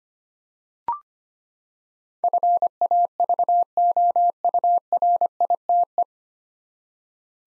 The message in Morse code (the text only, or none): FAVOURITE